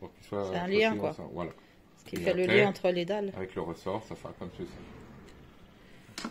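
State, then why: Seated. A plastic spring element is clipped onto the plastic link that joins the slats of a modular camper-van bed base while someone talks. One sharp click at 6.2 s shows it has seated.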